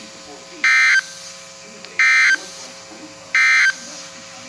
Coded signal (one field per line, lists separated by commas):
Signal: Emergency Alert System (SAME) tones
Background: speech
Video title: So many Severe Thunderstorms... well ok probably not many. +2 Special Marine Warnings (EAS 48-55)